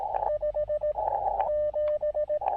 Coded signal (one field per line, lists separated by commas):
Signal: Morse code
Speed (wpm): 17 wpm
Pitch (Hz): 590 Hz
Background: radio noise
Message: 57